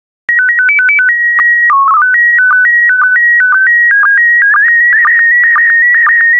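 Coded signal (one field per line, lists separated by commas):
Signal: SSTV (slow-scan television)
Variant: PD 120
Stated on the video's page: SSTV images in PD120 mode, computer-generated with stock photos and synthesized audio prompts.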